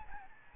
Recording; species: mosquito wingbeat signal from an infrared sensor; Aedes albopictus